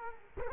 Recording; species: mosquito wingbeat signal from an infrared sensor; Culex quinquefasciatus